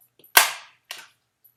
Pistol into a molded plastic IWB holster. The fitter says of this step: heard that click that click it's